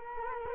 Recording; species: mosquito wingbeat signal from an infrared sensor; Culex quinquefasciatus